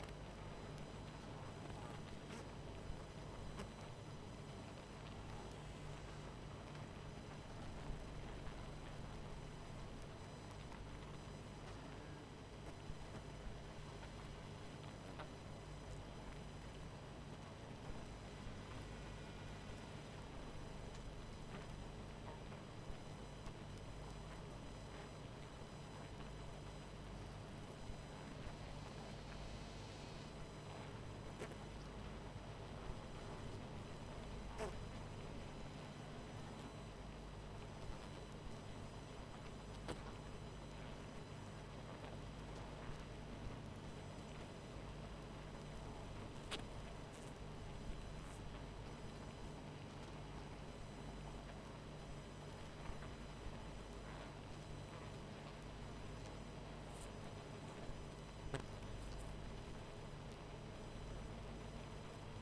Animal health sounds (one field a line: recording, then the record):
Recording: honeybee colony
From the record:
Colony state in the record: missing queen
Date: 14 July 2017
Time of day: 21:57